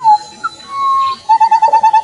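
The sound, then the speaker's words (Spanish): A long-tailed manakin, called toledo, calls with clear, pure whistled notes: a short whistle, a longer steady tone, then a quick run of about eight brief repeated whistles, loud and alone. “Un Toledo.”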